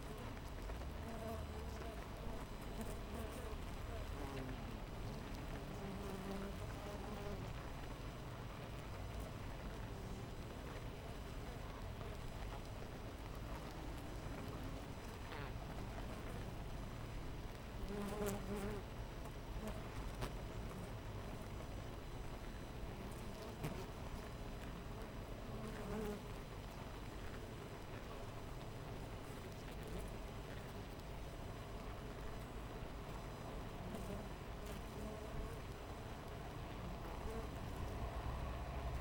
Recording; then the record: honeybee colony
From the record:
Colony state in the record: missing queen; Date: 14 July 2017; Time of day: 6:43